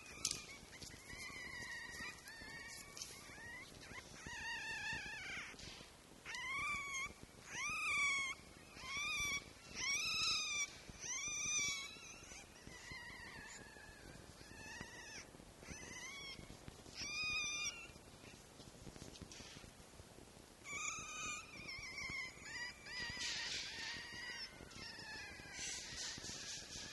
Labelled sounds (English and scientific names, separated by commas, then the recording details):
Red Fox (Vulpes vulpes)
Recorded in captivity
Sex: diverse
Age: diverse
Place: Zoologisches Institut der HUB, Berlin, DE
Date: 1955-04-25 13:00
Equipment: Elmetra
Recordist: Tembrock, Günter